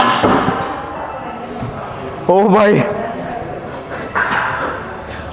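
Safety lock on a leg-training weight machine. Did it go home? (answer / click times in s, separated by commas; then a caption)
no / none. At the end of a leg set, a lifter tries to engage the metal safety lock on a leg-training weight machine before letting go of the load. Someone talks, with a sudden loud vocal outburst around 2.3 s and another rise near 4.2 s. The lock has not engaged and nothing has clicked, so he nearly releases the weight.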